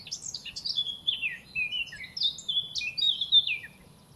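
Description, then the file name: Eurasian blackcap singing a rapid, rich warble of bright whistled and chattering notes. "Sylvia atricapilla"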